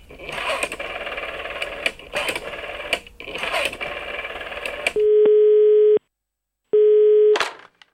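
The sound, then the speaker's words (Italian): After several seconds of broad, noisy clatter, a telephone ringback tone sounds during a phone call to Manchester United football club: a steady, buzzy mid-pitched tone about a second long, a short pause, then a second matching burst. “Dall'altra parte del telefono risponde Jack Crompton, braccio destro di Matt Busby.”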